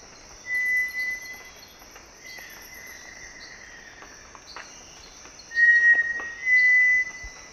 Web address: S America Eastern Lowlands Crypturellus cinereus, duet